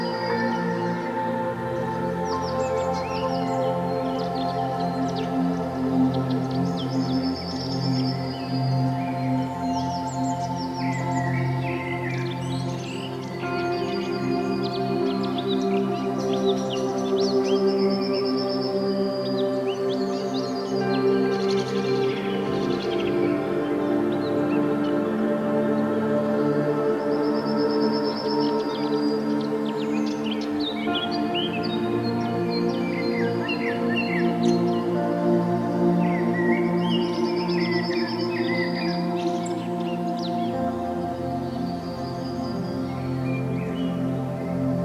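Outdoor nature scene with frequent bright birdsong chirps above a steady, dense, low humming drone that holds at an even level throughout.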